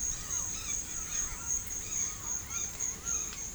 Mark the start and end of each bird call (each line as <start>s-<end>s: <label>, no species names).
0.00s-3.54s: bird call